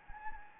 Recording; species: mosquito wingbeat signal from an infrared sensor; Anopheles gambiae